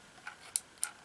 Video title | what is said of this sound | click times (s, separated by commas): New Game Cameras Just In Time Something Stalking Me | it a nice click the battery tray opens | 0.6 s